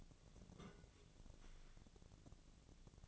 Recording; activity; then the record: daily activity, microphone in the room; take from stove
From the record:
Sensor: 4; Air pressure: 1000.8 hPa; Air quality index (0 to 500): 123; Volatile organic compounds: 1 ppm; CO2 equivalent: 929 ppm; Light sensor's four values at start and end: 45/109/46/51 and 45/109/46/51